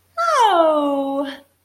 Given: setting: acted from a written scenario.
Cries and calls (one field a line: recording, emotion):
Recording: vocal sound without words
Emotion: positive surprise